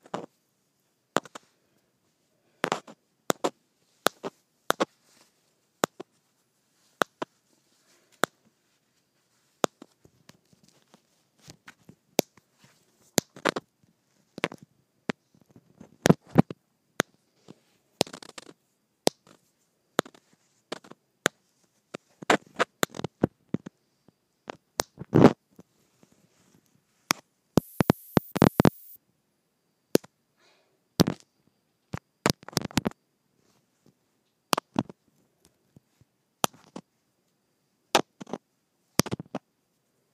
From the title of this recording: Microphone Tapping Against Plastic